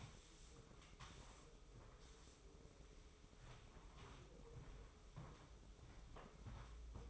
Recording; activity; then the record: daily activity, microphone in the room; sweep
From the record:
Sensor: 1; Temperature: 24.1 degrees Celsius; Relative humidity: 31.5%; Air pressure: 995.9 hPa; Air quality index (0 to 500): 67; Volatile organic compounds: 3 ppm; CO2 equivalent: 1360 ppm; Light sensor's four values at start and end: 31/107/41/43 and 30/105/40/42